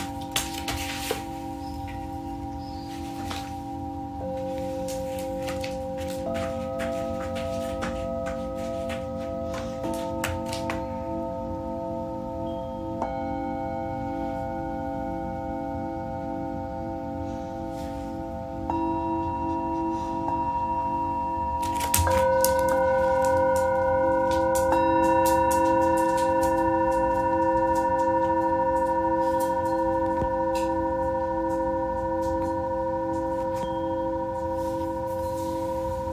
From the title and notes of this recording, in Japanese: メキシコから シンギングボウルのサウンドヒーリング ライブ。